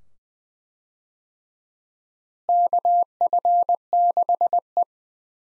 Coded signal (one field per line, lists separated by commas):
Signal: Morse code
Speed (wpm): 20 wpm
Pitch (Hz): 700 Hz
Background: none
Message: KF6E